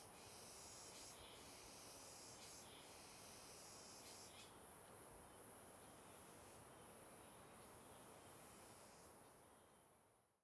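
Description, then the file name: Cicada sounding a sustained high buzz with a few pulsed bursts early on, the drone continuing over steady rushing noise before everything fades out. Cicada with an unusual, different-sounding call, recorded on a riverbank. "Cigarra com Som Diferente na Beira do Rio"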